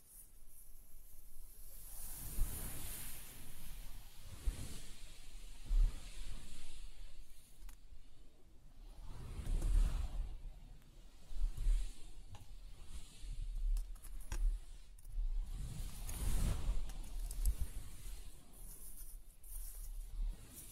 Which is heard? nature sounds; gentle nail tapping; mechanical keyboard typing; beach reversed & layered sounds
beach reversed & layered sounds